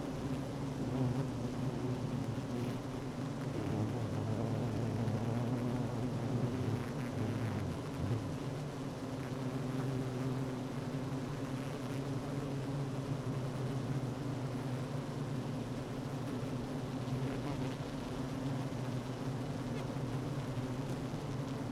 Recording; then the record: honeybee colony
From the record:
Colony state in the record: active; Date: 12 June 2018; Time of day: 10:11